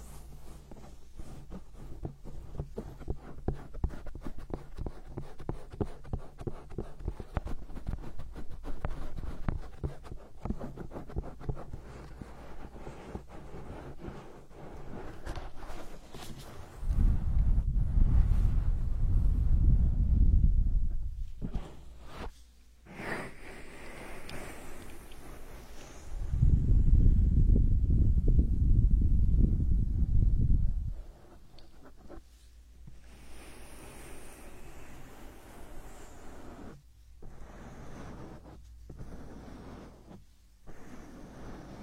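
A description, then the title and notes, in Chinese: A hand massage with soft rubbing and skin-on-skin rustling, dotted with quick light taps and clicks. Twice, around seventeen and twenty-six seconds, a loud low rumbling rub takes over for about four seconds before the quieter strokes return. 手部按摩4（声控助眠）。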